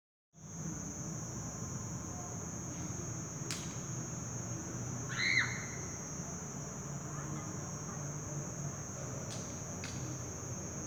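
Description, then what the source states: Cricket: a steady high continuous trill over a low background rumble, with a brief squawk midway and a few clicks. Recorded from a home beside Avenida Regional near Plaza de Toros La Macarena, barrio El Naranjal, Laureles - Estadio, Medellín, Colombia, Tuesday 14 July 2020, 7:09 in the evening.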